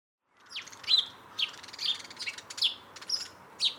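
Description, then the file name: House sparrow chirps, several short sharp notes in a loose irregular series over faint steady background noise. "Passer domesticus"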